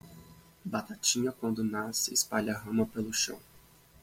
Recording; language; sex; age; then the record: short text; Brazilian Portuguese; male; 30 to 39 years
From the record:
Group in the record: control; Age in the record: 32 years